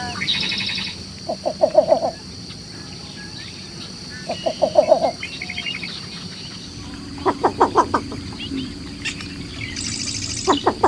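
Least Bittern repeating low, hollow pulsed coos in separate bursts of several notes, a few seconds apart, while other birds call higher in the background.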